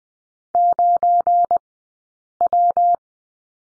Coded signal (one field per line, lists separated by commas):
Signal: Morse code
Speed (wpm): 20 wpm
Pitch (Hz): 700 Hz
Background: none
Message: 9W